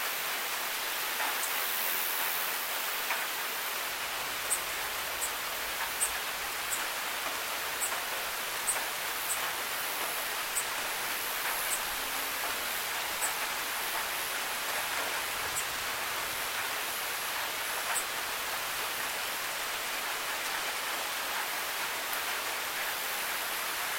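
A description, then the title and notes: Steady, dense night rain hisses evenly throughout, with faint high insect chirps pulsing in the background and small droplet ticks scattered across. Sound of calm night rain. Chirping bugs in background.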